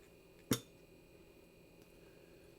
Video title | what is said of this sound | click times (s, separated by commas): Thanks for the Memories PT 3 | you can hear a pop | 0.5 s